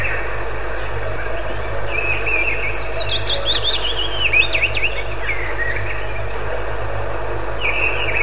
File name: penochka vesnichka